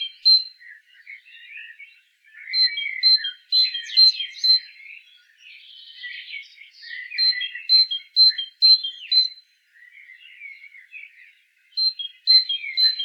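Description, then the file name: Great tit calling: repeated runs of sharp, high ringing notes interleaved with harsher chattering, pausing briefly between runs. "Parus major"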